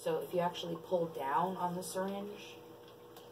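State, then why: Released. Someone talks while pulling down on the plunger of a capped, prefilled plastic heparin flush syringe to break it free before pushing it up. A small, faint click is heard at 3.2 s as the plunger loosens.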